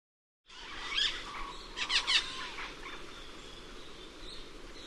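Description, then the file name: Cuban amazon giving a few harsh, raspy squawks, loudest in a brief cluster near the middle, then quieter calls over a steady hiss. "cuban parrot"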